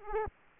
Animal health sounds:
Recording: mosquito wingbeat signal from an infrared sensor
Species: Aedes aegypti

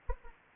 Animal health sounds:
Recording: mosquito wingbeat signal from an infrared sensor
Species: Anopheles arabiensis

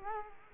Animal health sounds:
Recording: mosquito wingbeat signal from an infrared sensor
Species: Culex quinquefasciatus

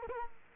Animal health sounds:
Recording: mosquito wingbeat signal from an infrared sensor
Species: Culex quinquefasciatus

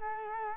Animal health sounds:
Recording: mosquito wingbeat signal from an infrared sensor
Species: Culex quinquefasciatus

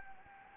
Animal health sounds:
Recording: mosquito wingbeat signal from an infrared sensor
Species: Anopheles gambiae

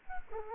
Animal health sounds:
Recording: mosquito wingbeat signal from an infrared sensor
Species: Culex quinquefasciatus

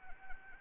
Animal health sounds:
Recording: mosquito wingbeat signal from an infrared sensor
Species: Anopheles arabiensis

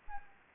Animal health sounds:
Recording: mosquito wingbeat signal from an infrared sensor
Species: Anopheles arabiensis

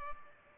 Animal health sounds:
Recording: mosquito wingbeat signal from an infrared sensor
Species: Culex pipiens

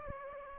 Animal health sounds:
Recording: mosquito wingbeat signal from an infrared sensor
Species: Aedes aegypti

